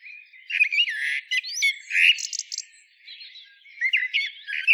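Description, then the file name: Common blackbird giving squeaky, varied chirps and short twittering phrases, a brief pause near the middle, then renewed sharp high notes. "Turdus merula"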